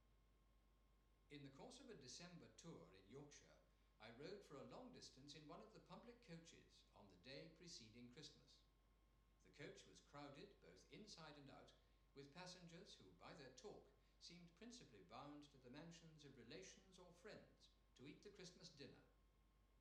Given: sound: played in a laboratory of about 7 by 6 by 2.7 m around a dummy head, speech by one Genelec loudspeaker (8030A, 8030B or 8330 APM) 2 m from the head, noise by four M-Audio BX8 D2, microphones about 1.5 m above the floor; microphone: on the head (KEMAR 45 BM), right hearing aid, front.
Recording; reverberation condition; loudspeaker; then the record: male speech in English; medium; 30 degrees to the right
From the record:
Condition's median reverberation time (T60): about 510 ms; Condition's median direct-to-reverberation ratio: about -0.5 dB